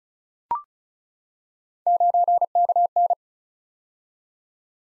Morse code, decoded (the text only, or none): 9KN